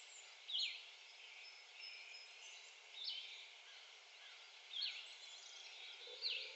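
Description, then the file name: Blue-headed vireo song: short slurred whistled phrases separated by pauses of a couple of seconds, over steady background noise. Recorded 1 May 2020. "2020-05-01 Blue-headed Vireo"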